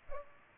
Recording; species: mosquito wingbeat signal from an infrared sensor; Culex pipiens